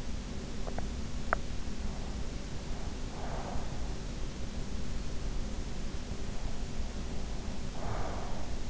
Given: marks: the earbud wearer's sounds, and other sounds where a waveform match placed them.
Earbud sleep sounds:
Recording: sounds in sleep by an in-ear microphone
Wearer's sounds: teeth grinding, breath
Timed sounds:
0.61-1.64 s: teeth grinding
2.71-4.01 s: breath
7.64-8.70 s: breath

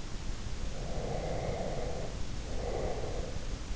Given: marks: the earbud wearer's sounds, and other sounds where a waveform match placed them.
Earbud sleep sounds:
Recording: sounds in sleep by an in-ear microphone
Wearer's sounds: breath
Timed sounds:
0.66-3.59 s: breath

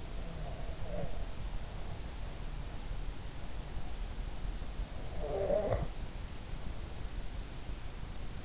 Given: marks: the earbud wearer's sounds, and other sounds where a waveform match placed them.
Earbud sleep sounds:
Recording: sounds in sleep by an in-ear microphone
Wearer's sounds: breath, snoring breath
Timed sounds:
0.00-2.56 s: breath
4.97-6.04 s: snoring breath

